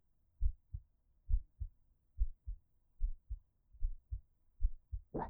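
Steady paired lub-dub heartbeat of an adult woman, heard close up, about 70 beats a minute, ending with a brief rustling bump.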